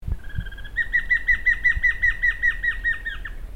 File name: batara cinerea